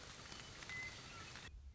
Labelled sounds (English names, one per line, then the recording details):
Western Meadowlark
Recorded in Sonoma County, California